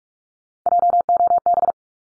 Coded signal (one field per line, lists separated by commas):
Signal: Morse code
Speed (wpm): 44 wpm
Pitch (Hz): 700 Hz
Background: none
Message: JOB